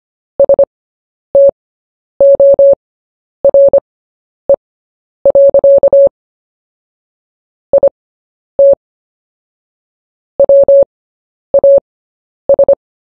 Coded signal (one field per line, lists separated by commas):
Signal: Morse code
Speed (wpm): 25 wpm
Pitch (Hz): 560 Hz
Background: none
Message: STORE. IT WAS